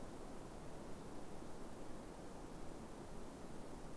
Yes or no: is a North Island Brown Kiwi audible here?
no